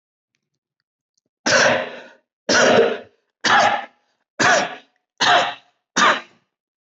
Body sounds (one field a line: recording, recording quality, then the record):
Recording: heavy voluntary cough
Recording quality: excellent, no background noise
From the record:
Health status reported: healthy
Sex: male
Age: 53 years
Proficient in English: yes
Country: India